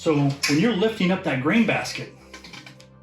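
Someone talks over background music while handling the lift handle at the lip of an all-in-one brewing system's grain basket, where it is meant to slide in and twist-lock into place. A few faint taps follow between about 2.3 and 2.8 seconds as the speech fades. The handle has not locked yet, and nothing has seated or clicked.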